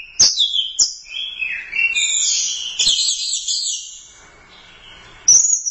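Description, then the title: Thrush singing short, bright, whistled phrases that flow into a fast, dense trill, ending with a high clear note. "burung anis x"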